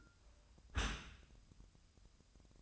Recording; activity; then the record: daily activity, microphone in the room; close dishwasher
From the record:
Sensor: 2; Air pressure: 1004.5 hPa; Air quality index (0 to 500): 114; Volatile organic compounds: 3 ppm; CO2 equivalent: 1382 ppm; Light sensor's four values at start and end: 6/15/6/6 and 6/15/6/6